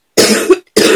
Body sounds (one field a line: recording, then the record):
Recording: coughing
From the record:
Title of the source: 60 coughing still (deep and wet cough)